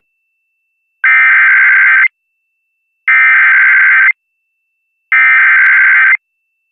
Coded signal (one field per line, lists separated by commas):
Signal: Emergency Alert System (SAME) tones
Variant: header bursts